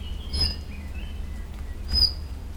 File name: Ficedula Albicollis call alarm Hiip Tik Tik